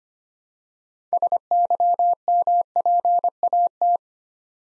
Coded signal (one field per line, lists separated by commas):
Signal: Morse code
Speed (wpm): 25 wpm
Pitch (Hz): 700 Hz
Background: none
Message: SYMPAT